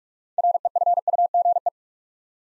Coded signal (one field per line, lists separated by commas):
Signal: Morse code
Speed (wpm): 44 wpm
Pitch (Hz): 700 Hz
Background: none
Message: REFUGE